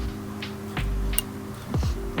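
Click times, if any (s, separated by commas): 1.2 s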